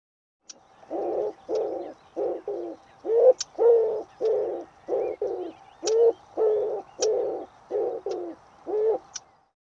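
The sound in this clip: Bird cooing in a steady series of many hollow coos, some slightly longer, with brief pauses between them.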